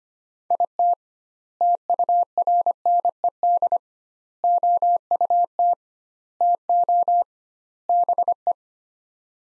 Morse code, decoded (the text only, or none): IT TURNED OUT TO BE